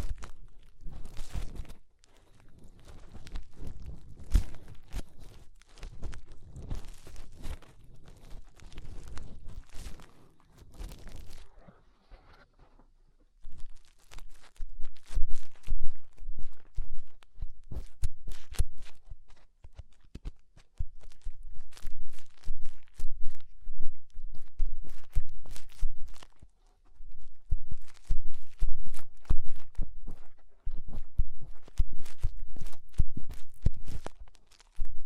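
Fingers rub and press inside the ear, making dense, crackly scratching and rustling with low, muffled thumps. The rubbing comes in bursts separated by short silences, with quiet pauses near 2, 12–13, 20 and 27 seconds before it resumes.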